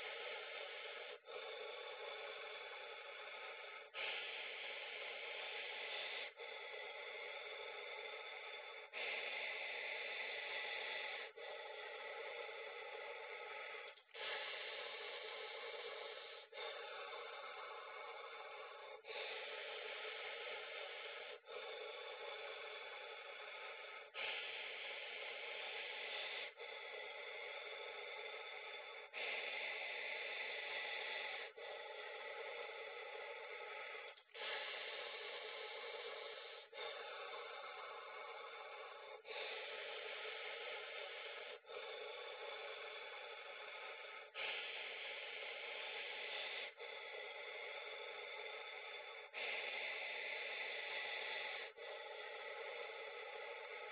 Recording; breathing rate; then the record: paced breathing near a phone; 12 breaths a minute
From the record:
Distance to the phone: 40 cm